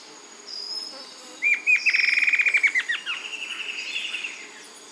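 Bird song: two clear introductory notes, then a fast rattling trill that slows into a series of slurred notes.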